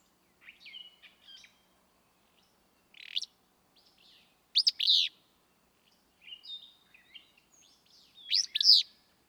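Willow flycatcher song, a burry sneezing phrase repeated three times at uneven intervals, mixed with chattering and whistled notes of other birds.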